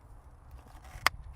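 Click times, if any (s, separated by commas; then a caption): 1.1 s. A filter assembly is locked into the plastic body of a VNOST handheld USB-C car vacuum after the filter is fitted. Over a quiet, low background hum, a single sharp, loud click sounds at 1.1 seconds as the filter housing locks into place.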